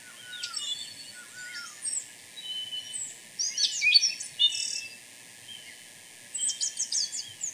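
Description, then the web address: Pale-eyed thrush uttering scattered high, squeaky and buzzy notes in short uneven bursts, a few lower slurred whistles at the start. Ecuador. "Natures Songs S America Birds of Ecuador Pale-eyed Thrush"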